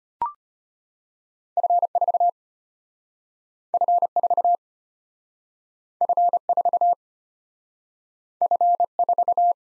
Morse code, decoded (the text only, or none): F4 F4 F4 F4